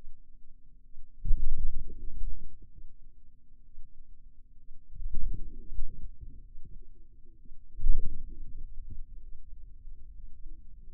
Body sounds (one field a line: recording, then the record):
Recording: forearm muscle sounds (acoustic myography)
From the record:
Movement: radial deviation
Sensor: system 2, bracelet of six BSWA MPA416 microphones around the upper forearm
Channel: 5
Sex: male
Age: 22 years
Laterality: right